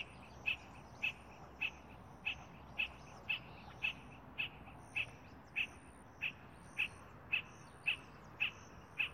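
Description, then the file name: Spot-flanked barbet repeating crisp, short notes at a fairly steady pace of about two per second throughout. "Tricholaema lacrymosa - Spot-flanked Barbet"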